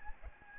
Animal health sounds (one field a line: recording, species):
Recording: mosquito wingbeat signal from an infrared sensor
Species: Aedes albopictus